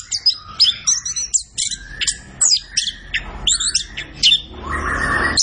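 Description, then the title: Orange-headed thrush song of quick chirps and whistled notes, ending as a harsher hissing, rasping sound takes over in the last second. Kept songbird singing gacor (in full, vigorous song), used as masteran to train other birds in Indonesian songbird keeping (kicau mania). "Anis Kembang Gacor. Kicau Mania Masteran Anis Kembang"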